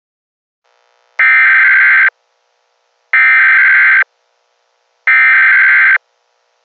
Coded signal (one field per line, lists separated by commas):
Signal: Emergency Alert System (SAME) tones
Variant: header bursts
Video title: EAS scenario: Reanimation Syndrome (zombie apocalypse)